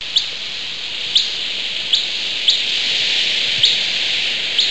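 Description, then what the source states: Dusky flycatcher flight calls: several short, thin high notes at irregular intervals over a steady background hiss. Nocturnal flight call.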